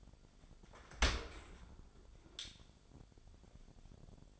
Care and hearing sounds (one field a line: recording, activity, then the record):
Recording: daily activity, microphone in the room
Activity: open dishwasher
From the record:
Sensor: 5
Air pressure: 1006.8 hPa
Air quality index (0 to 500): 187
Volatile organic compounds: 5 ppm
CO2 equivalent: 1779 ppm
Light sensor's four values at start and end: 53/147/58/58 and 53/147/58/58